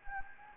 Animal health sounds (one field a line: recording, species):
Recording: mosquito wingbeat signal from an infrared sensor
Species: Anopheles gambiae